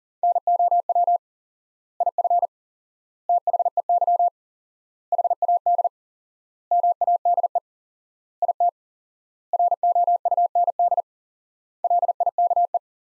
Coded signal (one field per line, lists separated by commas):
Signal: Morse code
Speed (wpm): 40 wpm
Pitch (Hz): 700 Hz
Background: none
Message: NOW IF THEY HAD MADE IT ROUND LIKE